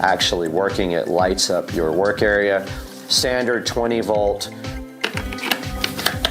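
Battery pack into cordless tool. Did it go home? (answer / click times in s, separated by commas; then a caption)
yes / 6.2 s. Someone talks as a DeWalt 20 V slide-on battery pack is pushed onto the plastic battery interface of a cordless tool. A series of short, sharp knocks begins around 5.0 s, and the pack clicks and locks into place at 6.3 s.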